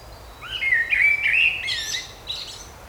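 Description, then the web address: Bird singing a short, varied whistled phrase: a rising note, then a sustained warble, then quick higher twittering notes. Birds singing in a park. "مجموعه افکت صدا حیوانات SES Animals Singing Birds in Park"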